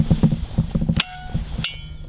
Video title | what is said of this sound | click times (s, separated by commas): Crossbow accuracy.mov | you hear that click well that means that she's in there | 1.6 s